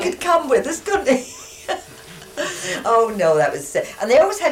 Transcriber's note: laughs